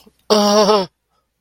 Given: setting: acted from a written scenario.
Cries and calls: vocal sound without words; distress

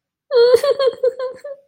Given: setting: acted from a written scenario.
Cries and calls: vocal sound without words; sadness

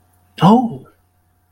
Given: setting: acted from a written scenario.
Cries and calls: vocal sound without words; positive surprise

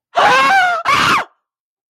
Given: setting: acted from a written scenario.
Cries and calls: vocal sound without words; fear

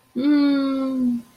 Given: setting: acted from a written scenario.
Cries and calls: vocal sound without words; realization

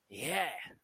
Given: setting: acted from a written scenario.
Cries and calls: vocal sound without words; ecstasy

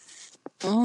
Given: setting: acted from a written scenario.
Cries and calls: vocal sound without words; desire

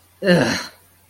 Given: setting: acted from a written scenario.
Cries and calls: vocal sound without words; contempt

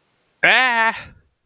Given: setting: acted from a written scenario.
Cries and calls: vocal sound without words; distress

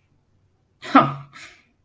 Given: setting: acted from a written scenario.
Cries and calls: vocal sound without words; anger

